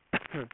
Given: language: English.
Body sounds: throat vibration sensor signal played as sound; cough

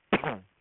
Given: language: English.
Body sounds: throat vibration sensor signal played as sound; cough

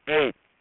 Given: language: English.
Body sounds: throat vibration sensor signal played as sound; speech

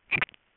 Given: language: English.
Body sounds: throat vibration sensor signal played as sound; swallow

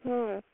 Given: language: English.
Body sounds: throat vibration sensor signal played as sound; speech

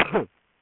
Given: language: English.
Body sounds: throat vibration sensor signal played as sound; cough

